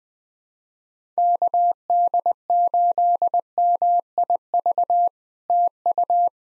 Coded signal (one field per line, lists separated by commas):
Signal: Morse code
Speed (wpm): 21 wpm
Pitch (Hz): 700 Hz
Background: none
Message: KD8MIV TU